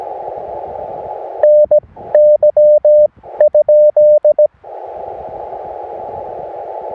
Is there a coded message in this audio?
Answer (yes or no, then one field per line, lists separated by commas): yes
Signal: Morse code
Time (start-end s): 1.4-4.5 s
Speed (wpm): 17 wpm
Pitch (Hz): 600 Hz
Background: none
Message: NY?